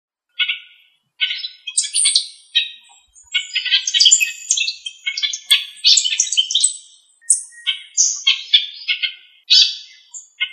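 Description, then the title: Bird calls: a lively, overlapping jumble of sharp chirps, raspy squawks and thin high whistles, some notes dropping in pitch, continuing with brief pauses. "LuckyPassaros CompletosSama"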